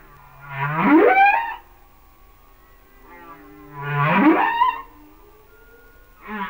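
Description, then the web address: Humpback whale song: low drawn-out groans sweeping upward into bright harmonic whoops, repeated about every three seconds, with a thin steady tone between. "Whale Songs Sounds of Nature - Humpback Whales"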